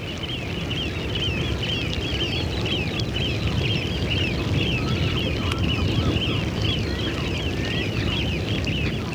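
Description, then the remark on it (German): A large flock of birds calls continuously over the Wadden Sea tidal mudflats of the North Sea, a dense chatter of overlapping high chirps and squawks above a steady low rumble of wind, with no talking. “Wer durch das Watt wandert, sieht zunächst wenig, außer den Vogelschwärmen.”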